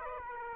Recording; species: mosquito wingbeat signal from an infrared sensor; Aedes aegypti